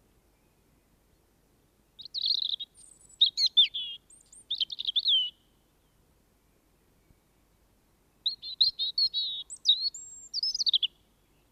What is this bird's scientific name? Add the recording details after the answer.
Erithacus rubecula. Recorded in the wild. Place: Garmisch-Partenkirchen, Bayern, DE. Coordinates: 47.5203, 11.0819. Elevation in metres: 846. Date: 1971-04-10. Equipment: Nagra IV, Sennheiser MKH 405, Parabolreflektor. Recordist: Tretzel, Erwin